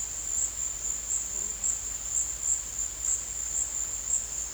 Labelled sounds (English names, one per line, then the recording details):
none
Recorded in dense forest near Puerto Asís, Putumayo, Colombia, on 22 December 2024 at 13:30
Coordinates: 0.484, -76.325
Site G056